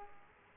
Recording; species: mosquito wingbeat signal from an infrared sensor; Aedes aegypti